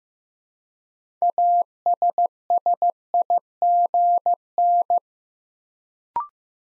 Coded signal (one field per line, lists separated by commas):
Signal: Morse code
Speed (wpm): 15 wpm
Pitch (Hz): 700 Hz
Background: none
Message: ASSIGN